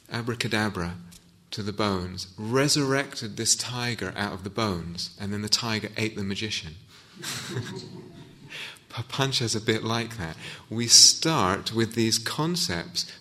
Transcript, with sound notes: "Abracadabra" to the bones, resurrected this tiger out of the bones, and then the tiger ate the magician. [laughter] Papañca is a bit like that. We start with these concepts;